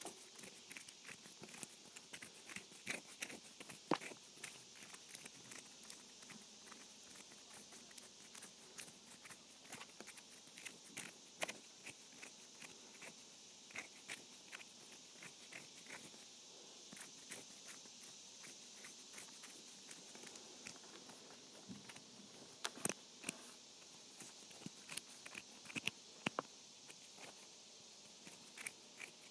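Hands scratching with a steady, dense dry rasp, dotted by frequent sharp crackly clicks throughout, with louder bursts around four, eleven, and twenty-three seconds.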